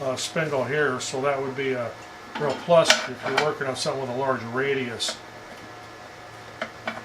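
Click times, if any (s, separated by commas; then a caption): 6.6 s, 6.9 s. Someone talks, then the swing-out belt arm of a Triton TSPST450 3.5A oscillating spindle and belt sander is swung back into its locked position on the sander base. Two short ticks sound at 6.6 s and 6.9 s as the arm locks into place.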